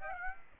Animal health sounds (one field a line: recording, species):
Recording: mosquito wingbeat signal from an infrared sensor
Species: Aedes aegypti